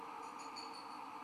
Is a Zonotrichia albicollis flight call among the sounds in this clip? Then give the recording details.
no. No flight call is heard. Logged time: 23:08 on 14 December 2014